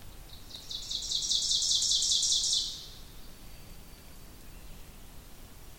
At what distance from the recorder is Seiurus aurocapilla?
about 20 m